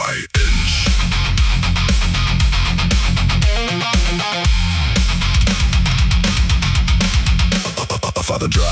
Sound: Guttural Growl